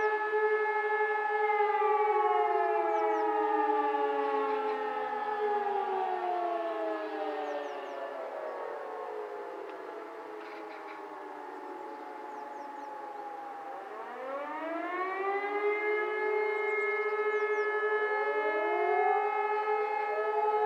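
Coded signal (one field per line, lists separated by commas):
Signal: siren signal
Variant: German Feueralarm signal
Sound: several sirens wailing steadily, winding down together, then winding back up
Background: outdoor ambience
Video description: Monatlicher Probealarm der Feuerwehrsirenen in Bornheim am 26. Februar 2022 um 11 Uhr mit dem Signal "Feueralarm".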